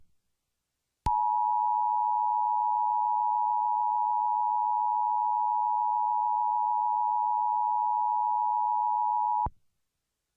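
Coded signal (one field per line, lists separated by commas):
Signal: Emergency Alert System (SAME) tones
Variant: 853 and 960 Hz attention tone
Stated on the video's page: Fictional "classic" EAS mock scenario; simulated alert, not a real broadcast.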